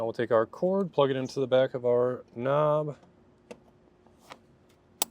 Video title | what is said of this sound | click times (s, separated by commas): Installation of the Universal Installation Kit for Trailer Brake Controllers on a 2025 Acura MDX | push it till it clicks, and then we'll just reinstall this the same way it came off, or the opposite of how it came off. | 5.0 s